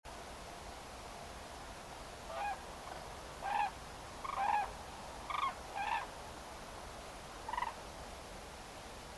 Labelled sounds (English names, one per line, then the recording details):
Common Crane
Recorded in France